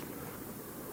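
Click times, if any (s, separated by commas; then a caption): none. A handgun is being handled at a Werkz Holsters Bisect, a Kydex-style, non-light-bearing appendix inside-waistband holster made of heavy-duty .093 Boltaron, on its way to snapping into the retention detent. Only steady, broadband hiss-like noise with no distinct transients is heard for the full second. Nothing has seated or clicked yet.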